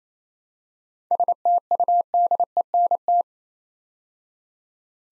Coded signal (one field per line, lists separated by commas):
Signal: Morse code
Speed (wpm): 27 wpm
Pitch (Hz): 700 Hz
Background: none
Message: STUDENT